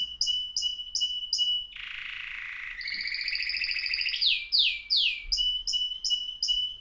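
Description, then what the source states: Canary singing a varied song: rapid rolling trills, a buzzy harsh section, then quick downward-sweeping whistled notes and more fast repeated phrases. Caged bird singing.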